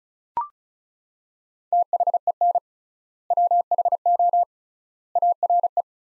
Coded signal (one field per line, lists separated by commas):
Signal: Morse code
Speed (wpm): 36 wpm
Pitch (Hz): 700 Hz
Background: none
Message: THEN WHO ARE